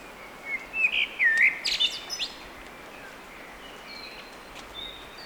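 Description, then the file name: Eurasian blackbird giving a brief fluty warble with a few higher squeaky notes, followed by several seconds of near-silence and soft hiss. "Turdus merula"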